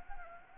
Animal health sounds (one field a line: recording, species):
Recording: mosquito wingbeat signal from an infrared sensor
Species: Anopheles gambiae